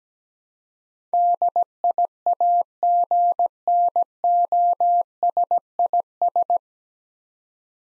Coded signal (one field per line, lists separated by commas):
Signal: Morse code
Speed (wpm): 17 wpm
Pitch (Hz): 700 Hz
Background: none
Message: DIAGNOSIS